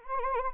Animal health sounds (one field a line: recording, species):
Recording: mosquito wingbeat signal from an infrared sensor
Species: Anopheles arabiensis